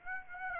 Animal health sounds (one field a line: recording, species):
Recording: mosquito wingbeat signal from an infrared sensor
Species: Aedes aegypti